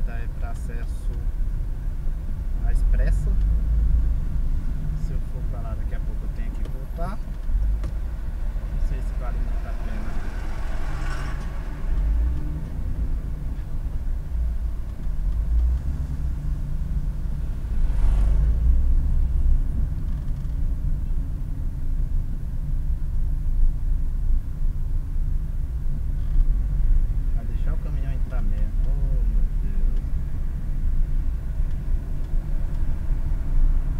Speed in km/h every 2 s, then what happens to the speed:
12, 17, 10, 6, 6, 7, 10, 9, 15, 18, 16, 14, 14, 13, 17, 18, 18.
3-5 brakes to 6. 5-14 steady at about 7. 14-17 speeds up to 18. 17-34 steady at about 16.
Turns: none.